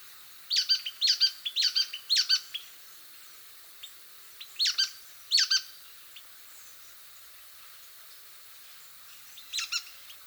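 Nuthatch gives a fast run of sharp high notes, then scattered pairs and a final short burst after a long pause.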